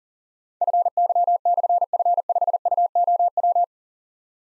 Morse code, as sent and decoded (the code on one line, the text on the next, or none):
..-. -.-- -..-. ..-. ..... ..- --- .--
FY/F5UOW